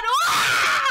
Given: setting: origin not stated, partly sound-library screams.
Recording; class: one-second piece from a danger detection set; woman in danger